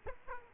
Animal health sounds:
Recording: mosquito wingbeat signal from an infrared sensor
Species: Aedes aegypti

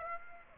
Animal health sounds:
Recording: mosquito wingbeat signal from an infrared sensor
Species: Aedes aegypti

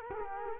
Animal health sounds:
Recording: mosquito wingbeat signal from an infrared sensor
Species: Culex quinquefasciatus

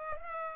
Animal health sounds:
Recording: mosquito wingbeat signal from an infrared sensor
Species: Culex pipiens

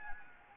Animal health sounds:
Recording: mosquito wingbeat signal from an infrared sensor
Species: Anopheles gambiae

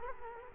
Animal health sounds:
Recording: mosquito wingbeat signal from an infrared sensor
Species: Culex quinquefasciatus

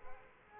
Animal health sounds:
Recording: mosquito wingbeat signal from an infrared sensor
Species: Aedes aegypti

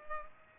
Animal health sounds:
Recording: mosquito wingbeat signal from an infrared sensor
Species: Culex pipiens

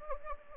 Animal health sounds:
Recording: mosquito wingbeat signal from an infrared sensor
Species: Anopheles gambiae

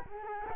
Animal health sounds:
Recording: mosquito wingbeat signal from an infrared sensor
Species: Culex quinquefasciatus

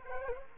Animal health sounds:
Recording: mosquito wingbeat signal from an infrared sensor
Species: Culex quinquefasciatus

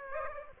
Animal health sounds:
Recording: mosquito wingbeat signal from an infrared sensor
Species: Aedes aegypti

